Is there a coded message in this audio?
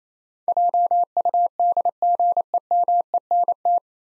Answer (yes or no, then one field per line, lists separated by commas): yes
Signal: Morse code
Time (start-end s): 0.5-3.8 s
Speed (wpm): 28 wpm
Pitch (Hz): 700 Hz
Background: none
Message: JUDGEMENT